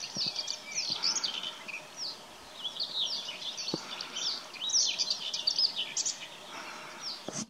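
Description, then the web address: Common whitethroat singing dense, scratchy warbles of quick high notes in bursts, over a steady background hiss. "ptaki cierniowka cierniowka"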